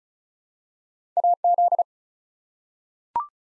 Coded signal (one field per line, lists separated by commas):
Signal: Morse code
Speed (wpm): 36 wpm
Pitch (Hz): 700 Hz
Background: none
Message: AZ